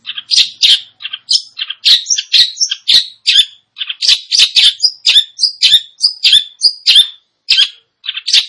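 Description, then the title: Long-tailed shrike song, a fast varied jumble of harsh chattering notes and scratchy squeaks delivered almost without pause. "Cendet Gacor"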